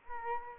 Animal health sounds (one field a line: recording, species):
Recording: mosquito wingbeat signal from an infrared sensor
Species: Aedes albopictus